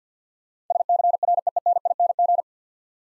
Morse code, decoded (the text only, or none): SCREENING